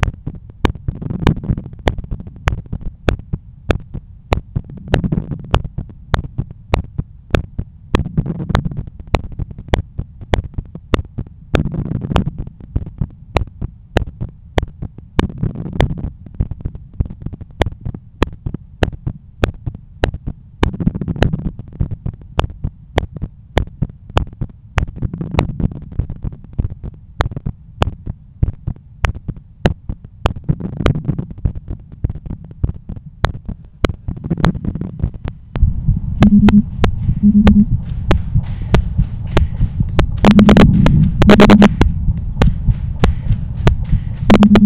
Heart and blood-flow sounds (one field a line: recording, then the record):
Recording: heart sounds by stethoscope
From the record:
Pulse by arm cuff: 100 bpm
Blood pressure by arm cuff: 123/82 mmHg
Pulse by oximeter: 101 bpm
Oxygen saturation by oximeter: 96%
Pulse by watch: 102 bpm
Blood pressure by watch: 126/83 mmHg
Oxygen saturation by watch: 94%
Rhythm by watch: sinus rhythm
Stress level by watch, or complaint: low stress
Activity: after lunch and office activities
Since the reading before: plus 1500 steps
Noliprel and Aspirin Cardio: after pills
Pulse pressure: 41 mmHg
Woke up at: 7:20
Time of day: 15:56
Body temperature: 36.1 C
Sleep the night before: 8 h 11 min, score 61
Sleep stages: REM 22%, light 68%, deep 3%, awake 7%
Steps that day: 9500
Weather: sunny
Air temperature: 27.6 C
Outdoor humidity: 50%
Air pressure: 1015 hPa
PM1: 9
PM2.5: 13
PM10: 15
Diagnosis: hypertension, treated with Noliprel and Aspirin Cardio 100 mg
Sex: male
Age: 53 years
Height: 174 cm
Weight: 81 kg